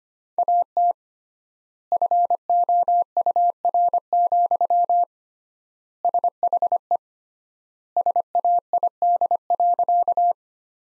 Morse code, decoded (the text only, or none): AT FOUR, SHE SAID.